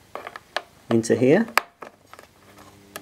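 A plastic pre-treatment spray attachment is handled against a Vax Rapide Ultra 2 W90-RU-P carpet washer, producing a series of short plastic knocks and taps while someone talks. The attachment has not yet been pushed home, and nothing has seated or clicked yet.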